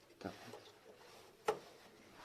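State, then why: Seated. A replacement carbon brush is pushed into its holder on the motor of an Altus, Arçelik or Beko washing machine. A softer scuffing sound at about 0.2 s is followed by a sharp, short click at 1.5 s as the brush seats in the holder.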